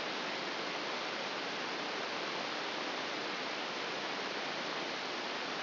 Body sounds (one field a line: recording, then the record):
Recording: brain microelectrode recording played as sound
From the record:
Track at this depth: outside the subthalamic nucleus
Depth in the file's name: 6.898 mm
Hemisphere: left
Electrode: 3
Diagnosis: Parkinson's disease